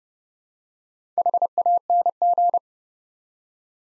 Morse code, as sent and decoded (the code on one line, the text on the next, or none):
.... .- -. --.
HANG